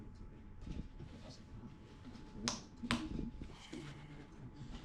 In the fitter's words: Then hopefully you heard that click.